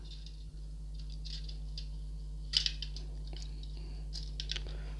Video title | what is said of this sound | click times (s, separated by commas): review mg wing gundam zero ver ka fr | voilà, vous le faites descendre, il vient se clipser ici. Hop | 4.4 s